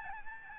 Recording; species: mosquito wingbeat signal from an infrared sensor; Aedes albopictus